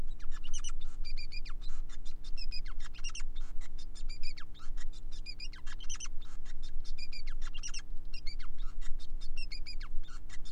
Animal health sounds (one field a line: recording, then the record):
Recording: song of a male Bengalese finch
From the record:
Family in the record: son of father 5